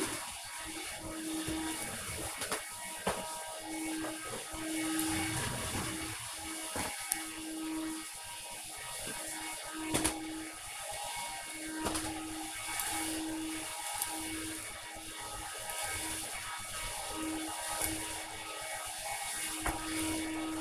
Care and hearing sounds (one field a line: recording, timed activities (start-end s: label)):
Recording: household activities, microphone on the right wrist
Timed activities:
0.00-20.61 s: vacuum cleaning